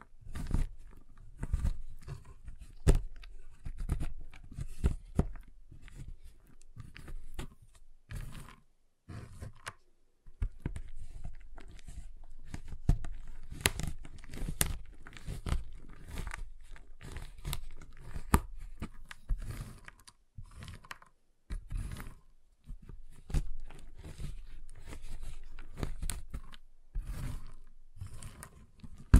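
Tapping, cutting and snapping on a giant chocolate bar, heard as a dense run of short, sharp clicks and knocks with low thuds beneath. Bursts come quickly and irregularly, with brief quieter gaps near 9–11 seconds and around 21 seconds.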